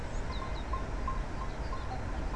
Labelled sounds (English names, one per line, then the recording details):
Great Tit
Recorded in Germany
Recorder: ecoPi